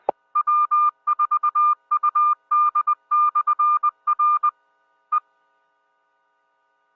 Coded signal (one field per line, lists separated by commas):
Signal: Morse code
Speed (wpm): 20 wpm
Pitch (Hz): 1200 Hz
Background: none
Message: W4UD/R E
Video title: Bristol 2 Meter Net 05-14-19